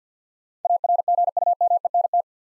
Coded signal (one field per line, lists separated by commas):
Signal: Morse code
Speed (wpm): 50 wpm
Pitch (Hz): 700 Hz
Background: none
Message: ARGUMENT